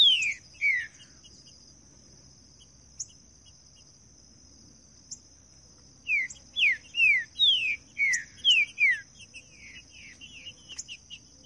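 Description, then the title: Green-winged saltator song: two falling whistles, a pause, then a long run of rapid slurred whistled notes, over a persistent high insect buzz. Bird singing in the bush; meant to warm up a kept bird into singing; voice 08. "Canto De Trinca Ferro Voz 08. TRINCA FERRO CANTANDO NO MATO"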